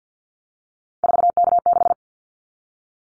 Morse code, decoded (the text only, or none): 4K6